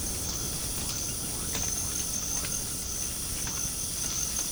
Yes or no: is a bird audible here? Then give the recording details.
no. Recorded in pastures near Puerto Asís, Putumayo, Colombia, on 21 March 2025 at 23:30. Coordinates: 0.497, -76.327. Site G072